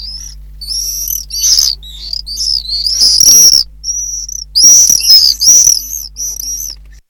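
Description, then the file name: Common swift calls: shrill, buzzy high screams in overlapping bursts, several birds, with a steady low hum in the background. "apus apus"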